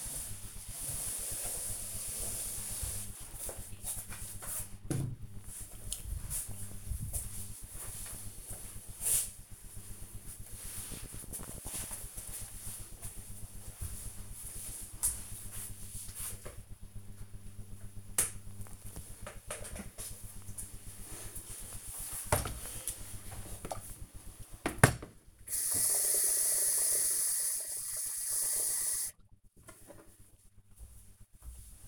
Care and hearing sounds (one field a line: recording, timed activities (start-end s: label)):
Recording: household activities, microphone on the right wrist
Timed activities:
0.00-4.78 s: floor cleaning
18.84-31.88 s: making tea